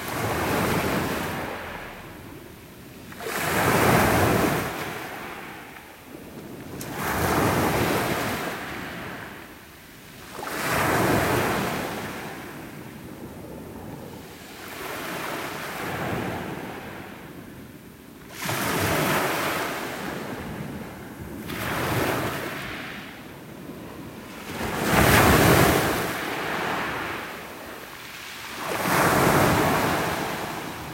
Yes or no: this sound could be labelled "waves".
yes